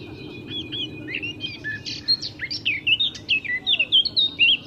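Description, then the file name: Eurasian blackcap warbling rapidly with bright whistled flourishes over a steady low background hum. "Sylvia atricapilla"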